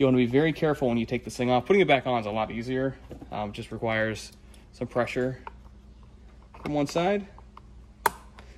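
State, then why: Seated. Someone talks while pressing a small metal retaining clip back onto the drive gear shaft of a Worx WG309 electric chainsaw/pole saw from one side. After a few faint ticks, a single sharp, loud snap at 8.1 s marks the clip seating onto the shaft.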